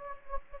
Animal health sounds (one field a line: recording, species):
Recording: mosquito wingbeat signal from an infrared sensor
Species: Anopheles gambiae